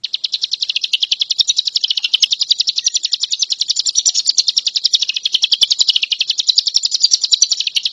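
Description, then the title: Leafbird song, a continuous fast chattering trill of high rapid notes pouring on without a break. Singing vigorously (gacor). "Cigun Gacor"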